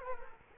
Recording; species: mosquito wingbeat signal from an infrared sensor; Culex quinquefasciatus